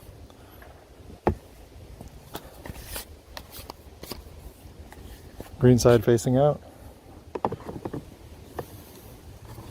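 A plastic side rail, green side facing out, is handled against the body of a Ryder Buggy 24V ride-on kids' toy, with sharp handling taps around 1.3 s and 7.5 s and someone talking in the middle of the clip. The rail has not snapped or seated into place yet by the end.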